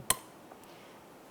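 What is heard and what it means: A gray plastic bulkhead connector is pushed down into its door wiring mating half on a 2015-2020 Cadillac Escalade during a front window regulator assembly replacement. It snaps in with one sharp, bright click at 0.1 s, followed by a much fainter tick at about 0.5 s. The connector is seated, with the red lock tab still to be pushed down.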